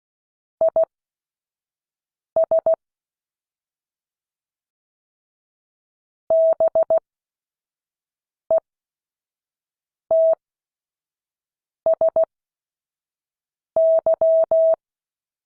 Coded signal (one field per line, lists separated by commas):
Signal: Morse code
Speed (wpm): 16 wpm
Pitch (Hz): 650 Hz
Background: none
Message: IS BETSY